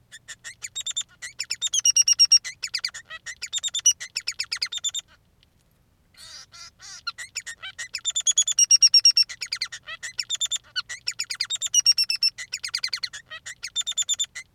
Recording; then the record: song of a male Bengalese finch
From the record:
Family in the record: son of father 3